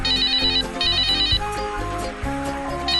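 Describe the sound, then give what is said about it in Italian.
A mobile phone ringtone plays a bright, repeating electronic melody in short bursts of high tones over a steady, full-bodied backing, loud and continuous with no voices. “O come la suoneria di un cellulare.”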